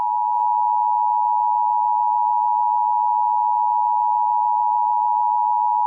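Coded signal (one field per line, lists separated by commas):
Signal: Emergency Alert System (SAME) tones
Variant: 853 and 960 Hz attention tone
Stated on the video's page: Fictional EAS scenario based on an SCP story.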